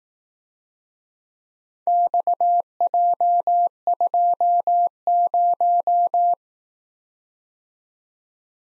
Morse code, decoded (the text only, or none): XJ20